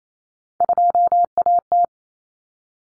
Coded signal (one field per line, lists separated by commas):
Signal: Morse code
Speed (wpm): 28 wpm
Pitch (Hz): 700 Hz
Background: none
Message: 2AT